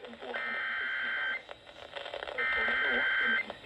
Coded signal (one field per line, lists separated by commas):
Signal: Emergency Alert System (SAME) tones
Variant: header bursts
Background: speech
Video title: Enhanced Chaos | EAS Alerts from 4/4/22 (EAS #107-153)